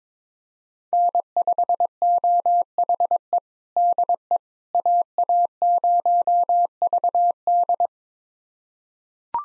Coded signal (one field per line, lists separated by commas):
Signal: Morse code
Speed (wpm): 22 wpm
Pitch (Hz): 700 Hz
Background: none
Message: N5OHE DE AA0VD